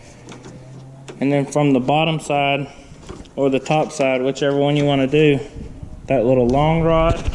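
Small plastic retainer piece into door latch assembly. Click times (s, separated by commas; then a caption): 1.1 s. A small plastic retainer piece that had been popped out of the door latch assembly is pushed back into place during a lock actuator replacement on an F-350. A sharp click is heard at 1.1 s as the piece seats, and someone talks throughout the clip.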